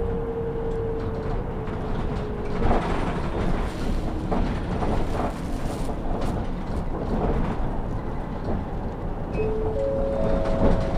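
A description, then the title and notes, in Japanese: A bus ride, with a thick, steady engine rumble filling the low end throughout. A thin whining tone holds for the first two seconds, then rises in short steps near the end, while brief rattles and knocks break through every few seconds. 西肥バス 弓張岳展望台→佐世保駅。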